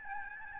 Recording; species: mosquito wingbeat signal from an infrared sensor; Aedes albopictus